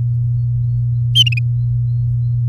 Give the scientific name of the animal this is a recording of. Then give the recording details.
Serinus canaria. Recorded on 3 May 2018 at 16:44. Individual llb16